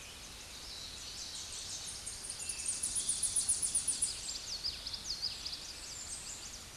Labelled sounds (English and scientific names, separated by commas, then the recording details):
Common Yellowthroat (Geothlypis trichas) song
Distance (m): 35 m
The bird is about level with the microphone
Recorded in a Pennsylvania forest on 16 May 2024 at 08:28
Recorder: AudioMoth, point MSD-0521
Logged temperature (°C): 15.8 °C
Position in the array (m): 80 m, 100 m